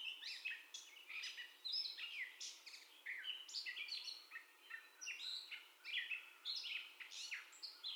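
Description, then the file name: Gray catbird pouring out a steady medley of short squeaky, nasal and sweet notes in rapid succession, with brief gaps between bursts. First song, recorded 30 May 2021. "2021-05-30 Catbird First Song"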